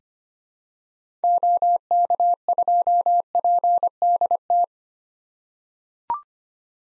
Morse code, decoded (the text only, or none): OK2PDT